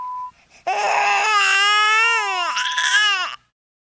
Crying baby fx.